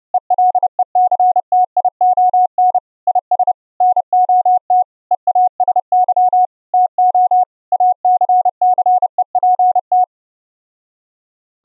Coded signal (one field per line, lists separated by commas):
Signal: Morse code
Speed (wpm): 30 wpm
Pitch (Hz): 730 Hz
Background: none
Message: ELECTION IS NOT EASY TO ACCEPT